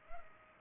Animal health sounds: mosquito wingbeat signal from an infrared sensor; Culex pipiens

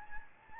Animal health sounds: mosquito wingbeat signal from an infrared sensor; Anopheles gambiae

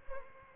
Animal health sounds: mosquito wingbeat signal from an infrared sensor; Aedes albopictus

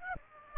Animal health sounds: mosquito wingbeat signal from an infrared sensor; Aedes aegypti

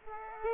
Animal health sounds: mosquito wingbeat signal from an infrared sensor; Aedes aegypti

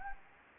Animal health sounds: mosquito wingbeat signal from an infrared sensor; Anopheles gambiae

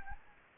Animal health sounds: mosquito wingbeat signal from an infrared sensor; Anopheles gambiae

